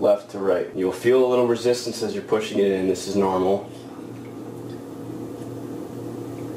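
A plastic reagent test strip is pushed into its slot in a section of a lab analyzer while someone talks, noting that a little resistance while pushing it in is normal. After the talk ends around 3.6 s, only a steady low hum remains. Nothing has clicked or snapped into place yet; the clip is pushed down and slid forward to snap it home only afterwards.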